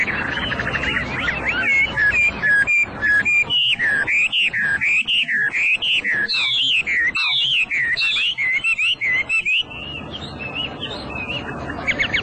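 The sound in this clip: Hwamei song: long continuous performance of rapid, rolling, warbled whistles rising and falling without pause, varied and energetic.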